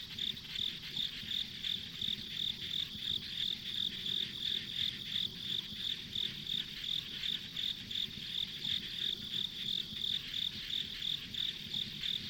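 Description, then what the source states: Rhythmic high-pitched insect chirps continue without pause over a dense hiss and low ambient noise. Ambient insect sounds on a rural country road.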